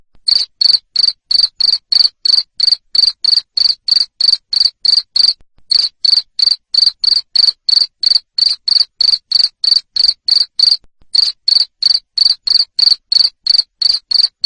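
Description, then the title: Cricket chirping loudly in short, even pulses about three per second, with brief pauses near five and eleven seconds. Loud cricket chirping played to stimulate lovebirds to keep singing in the ngekek style. "Suara JANGKRIK NGERIK Keras Bikin LOVEBIRD Jadi NGEKEK Terus Vubey"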